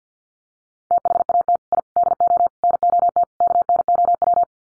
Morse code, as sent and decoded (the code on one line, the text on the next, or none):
- .... .- - / .. / -.. --- / -. --- - / -.- -. --- .--
THAT I DO NOT KNOW